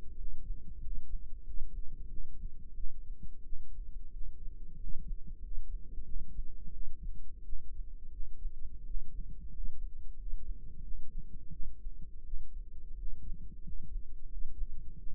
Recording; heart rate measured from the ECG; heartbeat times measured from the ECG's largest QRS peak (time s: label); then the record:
heart sounds by microphone in the right ear; 89 bpm
0.13 s: heartbeat
0.77 s: heartbeat
1.41 s: heartbeat
2.06 s: heartbeat
2.72 s: heartbeat
3.41 s: heartbeat
4.09 s: heartbeat
4.75 s: heartbeat
5.38 s: heartbeat
6.02 s: heartbeat
6.69 s: heartbeat
7.41 s: heartbeat
8.08 s: heartbeat
8.82 s: heartbeat
9.48 s: heartbeat
10.13 s: heartbeat
10.80 s: heartbeat
11.49 s: heartbeat
12.22 s: heartbeat
12.93 s: heartbeat
13.59 s: heartbeat
14.25 s: heartbeat
14.94 s: heartbeat
From the record:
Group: healthy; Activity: rest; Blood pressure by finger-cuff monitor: 112/66 mmHg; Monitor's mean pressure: 81 mmHg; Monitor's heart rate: 90 bpm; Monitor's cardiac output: 7.3 L/min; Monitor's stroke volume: 81 mL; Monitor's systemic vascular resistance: 810 dyn s/cm5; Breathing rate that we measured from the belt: 14 breaths a minute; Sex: female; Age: 26 years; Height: 165 cm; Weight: 55 kg